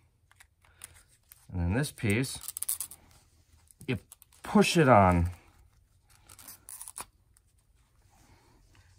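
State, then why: Seated. Someone talks while the metal outer shell of a lamp socket on an antique floor lamp being rewired, with its cardboard insulator sleeve, is pushed down over the wired socket interior onto the socket cap. After some light scraping and small clicks, the shell snaps home onto the cap with a sharp click at 7.0 s, and it is seated.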